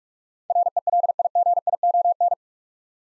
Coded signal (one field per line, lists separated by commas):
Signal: Morse code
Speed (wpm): 45 wpm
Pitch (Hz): 700 Hz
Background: none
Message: RELIGION